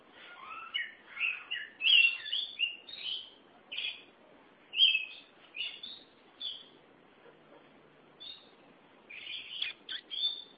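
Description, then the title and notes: Oriental magpie-robin singing rich, varied whistles and short slurred phrases in irregular bursts, with quieter gaps between them. "Suara Kicauan Burung Kacer Durasi Panjang. Suara kicauan burung kacer format mp3 durasi panjang"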